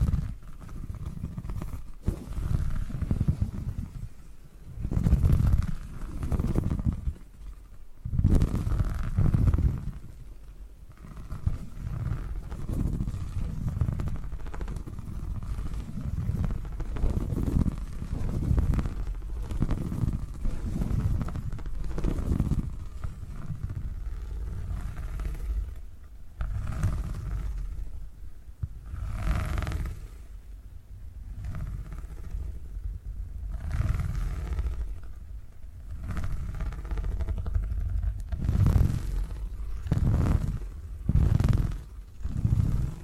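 Low, rumbling purring runs through the whole 43 seconds, swelling and easing in an uneven rhythm. Brief scratchy, crackling bursts cut in now and then, clustering around 5–10 seconds and again near 30, 35 and 40 seconds.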